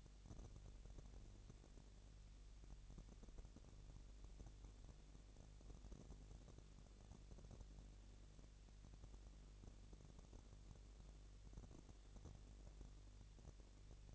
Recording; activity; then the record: daily activity, microphone in the room; no activity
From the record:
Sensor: 4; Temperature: 22.5 degrees Celsius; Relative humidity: 33.4%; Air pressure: 999.6 hPa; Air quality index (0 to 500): 230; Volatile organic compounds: 20 ppm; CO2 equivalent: 2702 ppm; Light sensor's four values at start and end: 2/3/1/1 and 2/3/1/1